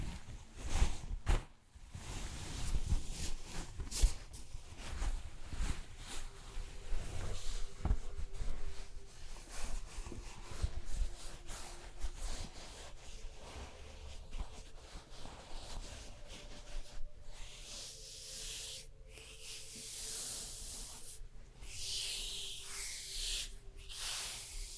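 A spa stone treatment, heard as a steady run of soft rubbing and brushing strokes with a faint hiss throughout. Brief pauses break the texture near the start and again after the midpoint, while a low, quiet hum sits underneath in the later half.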